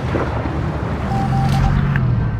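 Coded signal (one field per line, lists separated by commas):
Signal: none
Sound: game sound effect beeps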